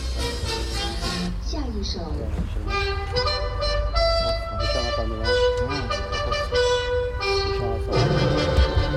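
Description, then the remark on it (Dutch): The Chinese national anthem blares over a loudspeaker at the Nohai Mosque in Urumqi, Xinjiang, China, played instead of the call to prayer from the minaret for a few hundred Muslims: a loud, brassy melody of sustained notes stepping up and down in pitch over a steady low rumble. “In plaats van een oproep tot gebed door de minaret horen de paar honderd moslims hier bij de Nohai Moskee in Urumqi nu het Chinese volkslied.”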